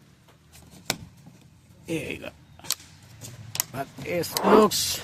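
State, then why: Seated. A new front bumper trim piece is pushed onto the front bumper until its plastic clip snaps in with a sharp click at 0.9 seconds, seating it. A few more short knocks follow while someone talks.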